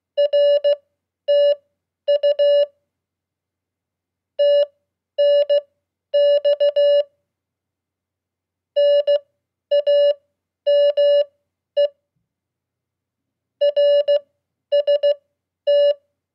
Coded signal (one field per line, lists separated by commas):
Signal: Morse code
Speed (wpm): 16 wpm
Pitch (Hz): 580 Hz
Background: none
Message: RTU TNX NAME RST